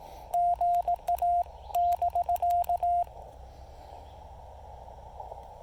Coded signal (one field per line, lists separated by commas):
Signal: Morse code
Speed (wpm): 18 wpm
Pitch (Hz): 700 Hz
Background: radio noise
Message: GA <BK>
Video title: A QRP CW activation of Pilot Mountain State Park w/the Yaesu FT-817ND, Elecraft T1, and some wire!